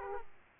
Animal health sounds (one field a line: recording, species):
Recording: mosquito wingbeat signal from an infrared sensor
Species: Aedes aegypti